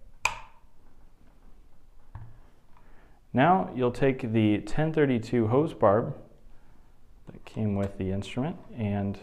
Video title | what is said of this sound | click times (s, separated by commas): How to span the LI-600 | you should hear a click | 0.2 s